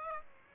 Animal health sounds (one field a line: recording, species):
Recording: mosquito wingbeat signal from an infrared sensor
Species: Aedes aegypti